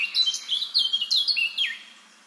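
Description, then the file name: Eurasian blackcap song, a short burst of quick warbled notes with downward slurs. "Sylvia atricapilla"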